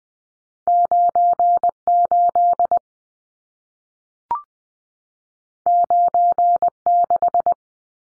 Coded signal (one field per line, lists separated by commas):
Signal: Morse code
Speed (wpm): 20 wpm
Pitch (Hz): 700 Hz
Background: none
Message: 98 96